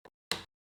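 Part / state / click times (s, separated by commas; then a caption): cable connector into side port of a 3D printer accessory box / seated / 0.3 s. A long cable's connector is plugged into a port on the side of a small accessory box while setting up a Bambu Lab X1C 3D printer. A faint brief sound at about 0.1 s is followed by a sharp, much louder click at 0.3 s. The connector seats.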